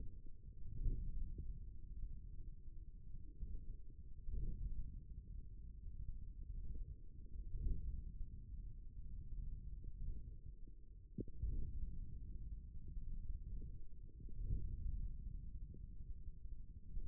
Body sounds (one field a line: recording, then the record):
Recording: forearm muscle sounds (acoustic myography)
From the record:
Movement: forearm pronation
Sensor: system 1, eight BSWA MPA416 microphones around the upper forearm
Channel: 2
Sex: male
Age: 41 years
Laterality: right